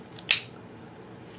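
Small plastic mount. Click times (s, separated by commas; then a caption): 0.3 s. The quick release mounting plate of a Tairroad desktop mini tripod (2017) is pushed back onto the top of its ball head mount. A faint tick at 0.2 s comes before a sharp, bright snap at 0.3 s that fades quickly into quiet. The plate snaps into place, seated and ready to use.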